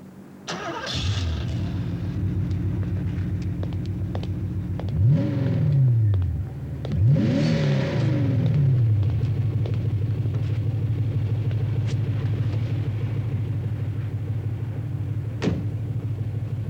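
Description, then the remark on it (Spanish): A car engine cranks and catches, settles into a steady idle, then revs up twice with rising whines as it pulls away and holds a loud, even drone. No one speaks. “Iremos en mi coche.”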